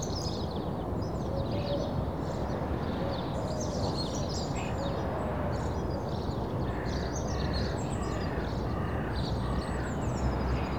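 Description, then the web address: Birds in a layered chorus of high twitters, with a few lower repeated notes appearing later, over steady low noise. Suburban birds in early morning. "BBC Sound Effects Library - Suburbia Early Morning Suburban Birds"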